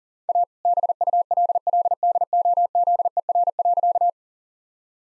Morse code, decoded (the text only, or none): A BULLDOZER.